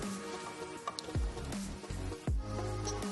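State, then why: Not seated. The clutch knob of a bike trainer's resistance unit is turned, pressing its roller against an underinflated rear tire that it crushes. A few brief knocks and scrapes (near 0.9, 1.0, 1.5 and 2.3 s) sit over a steady tonal background. Nothing has clicked yet; the torque clutch never reaches its click because the tire needs pumping up first.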